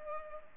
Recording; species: mosquito wingbeat signal from an infrared sensor; Culex pipiens